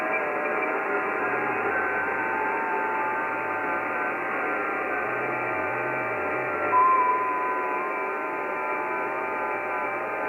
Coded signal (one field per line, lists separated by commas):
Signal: FT8